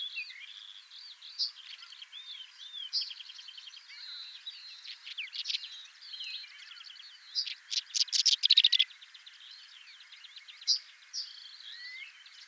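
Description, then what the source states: Whinchat song, short scratchy phrases of high twittering and buzzy notes mixed with whistles, including a loud rattling burst. Recorded at Raisting on 1 May 2014.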